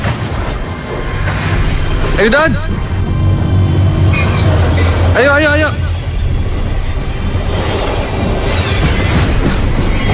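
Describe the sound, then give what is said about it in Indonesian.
A train with open carriages rumbles steadily along with a continuous low rattle and clatter, while a man shouts urgent calls over the noise in short bursts as someone runs after the train hoping to jump aboard. “Karena gerbong kereta terbuka dan dia berharap dia bisa mengejar kereta dan langsung loncat menaiki gerbong.”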